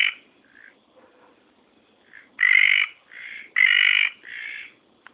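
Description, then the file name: Red tree frog calls: two loud buzzy calls alternating with softer ones, after a few faint notes, forming a brief irregular bout against a quiet background. "litoria rubella"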